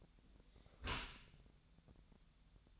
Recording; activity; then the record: daily activity, microphone in the room; close dishwasher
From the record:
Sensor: 3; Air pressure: 1006.7 hPa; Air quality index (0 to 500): 208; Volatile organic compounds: 19 ppm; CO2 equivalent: 2654 ppm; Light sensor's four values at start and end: 10/24/10/10 and 10/25/10/10